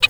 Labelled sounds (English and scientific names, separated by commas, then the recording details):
Zebra Finch (Taeniopygia guttata) hat call
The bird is a female
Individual fem9